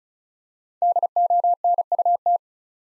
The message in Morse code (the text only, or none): DONUT